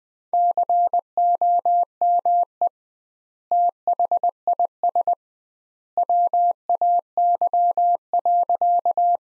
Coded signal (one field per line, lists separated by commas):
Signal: Morse code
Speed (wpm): 20 wpm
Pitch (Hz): 700 Hz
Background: none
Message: COME THIS WAY.